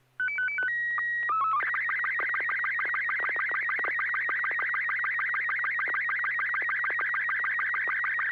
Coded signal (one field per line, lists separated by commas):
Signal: SSTV (slow-scan television)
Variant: Robot 36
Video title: N6NA SSTV Net - 11/05/2025